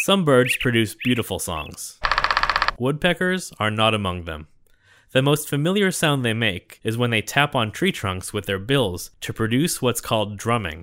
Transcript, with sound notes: Some birds produce beautiful songs. [Woodpecker drumming] Woodpeckers are not among them. The most familiar sound they make is when they tap on tree trunks with their bills to produce what’s called “drumming."